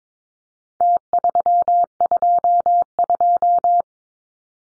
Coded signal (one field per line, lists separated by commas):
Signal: Morse code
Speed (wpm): 22 wpm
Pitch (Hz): 700 Hz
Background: none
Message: T322